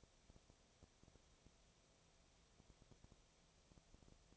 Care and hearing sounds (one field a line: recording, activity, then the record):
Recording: daily activity, microphone in the room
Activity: no activity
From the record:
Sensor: 1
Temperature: 19.6 degrees Celsius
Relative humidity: 36.5%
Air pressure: 997.1 hPa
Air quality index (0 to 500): 204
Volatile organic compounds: 129 ppm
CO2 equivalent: 3922 ppm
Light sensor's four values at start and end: 1/2/1/1 and 1/2/1/1